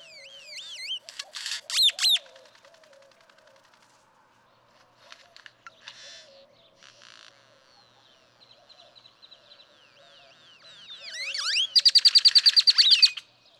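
Great-tailed grackle song with rising, sweeping whistles and short rattles, ending in a loud, fast rattle mixed with upslurred whistles.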